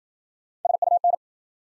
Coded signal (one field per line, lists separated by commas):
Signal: Morse code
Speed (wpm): 53 wpm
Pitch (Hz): 700 Hz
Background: none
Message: SUN